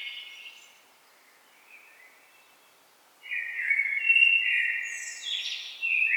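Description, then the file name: Blackbird singing: the end of a phrase, a soft note, then a full fluty warbling phrase with high twitters and another phrase starting. "Turdus merula"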